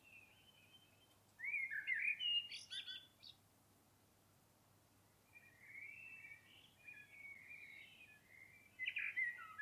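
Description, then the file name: Common blackbird: a fluty phrase with a squeaky flourish, then a quieter, drawn-out warble, and another high squeak at the end. "Turdus merula"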